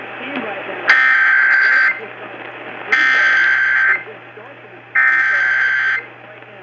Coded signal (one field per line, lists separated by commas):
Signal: Emergency Alert System (SAME) tones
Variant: header bursts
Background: speech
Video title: 2026 IS SLIGHT RISK RIGHT??? EAS Alerts From 3/4/26 (EAS#5,192 - 5,216)